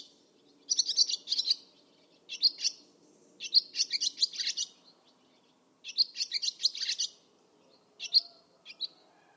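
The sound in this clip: Barn swallow uttering clustered high twittering chirps in quick runs.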